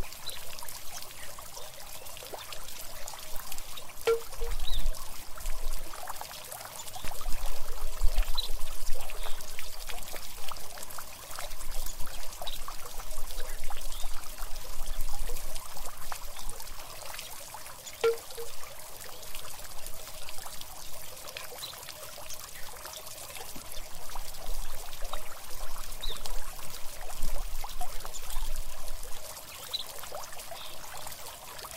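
Zen garden ambience of water trickling and pouring steadily, a bright, busy splashing that never stops. The flow swells gently at times, notably around eight to thirteen seconds and again near twenty-five, with a soft low rumble underneath early on.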